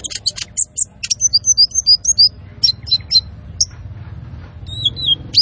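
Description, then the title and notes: Van Hasselt's sunbird song: a rapid run of thin, very high chirps and short downslurred notes in quick bursts, with brief pauses between phrases and a low background hum. Masteran recording used for training cage birds and as a lure; described as vigorous singing (gacor) with full fill-ins and 'tembakan' bursts. "MASTERAN KOLIBRI NINJA TERBAIK FULL ISIAN DAN TEMBAKAN MEWAH COCOK BUAT PANCINGAN. Suara Burung Kolibri Ninja Gacor"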